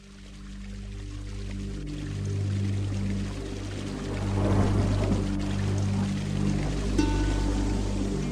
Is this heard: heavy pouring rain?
yes